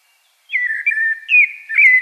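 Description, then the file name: Common blackbird song: a short run of clear, mellow fluted notes with slurred pitch changes. "Turdus merula"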